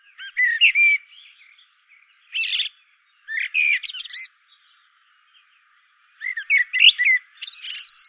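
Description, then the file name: Common blackbird song with short mellow whistled phrases broken by scratchy high twitters, delivered in quick bursts with brief silent gaps between them. "Turdus merula"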